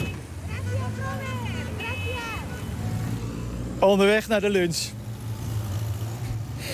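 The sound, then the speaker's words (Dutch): Several SEAT cars of a SEAT club from Madrid rumble as they pull away together, their low engine drone running steadily under people talking, with a short burst of loud horn honks partway through. “En daar gaat de Seat Club uit Madrid.”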